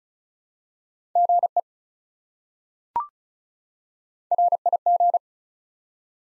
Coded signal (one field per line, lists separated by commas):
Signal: Morse code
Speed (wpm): 36 wpm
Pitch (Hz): 700 Hz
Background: none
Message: GE RIG